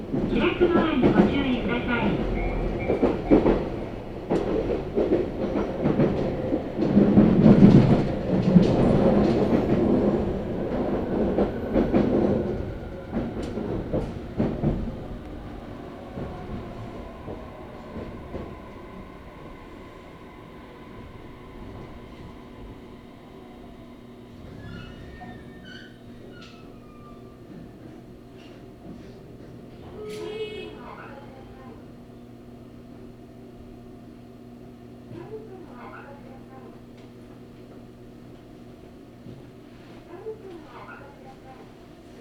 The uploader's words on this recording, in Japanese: 佐世保線・長崎本線 北方→肥前山口→鍋島→佐賀。ワンマン列車は北方を発車。